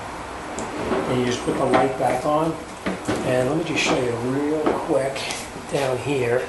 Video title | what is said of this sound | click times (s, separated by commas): How To Replace A headlight 2004-2010 Kia Rondo | and you'll hear it snap right in and | 0.6 s